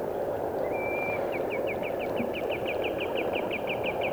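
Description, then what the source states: Wood sandpiper song opening with a level whistle, then a rapid run of clipped, rhythmic whistled notes over continuous rushing background noise. Field recording from Finland, issued on a 1988 cassette of countryside birds.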